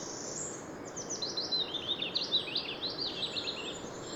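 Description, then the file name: Eurasian wren song, a string of quick high chips and short trills partly masked by steady background noise. "Troglodytes troglodytes"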